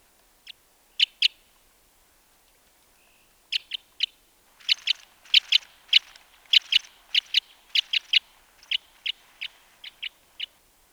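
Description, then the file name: Crossbill calling with dry, emphatic kip notes, sparse at first, then a steady, fairly rapid series of repeated notes. "Cassia Crossbill"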